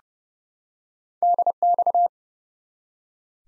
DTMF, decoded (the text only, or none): none